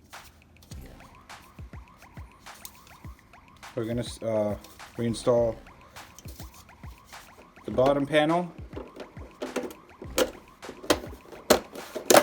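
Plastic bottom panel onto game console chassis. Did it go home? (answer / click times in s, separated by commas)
yes / 11.5 s, 12.1 s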